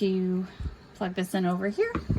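A breast pump tubing connector is being pushed into its port on the pump body while someone talks. The plug is handled but nothing has seated or clicked yet; the clip ends just before it goes home.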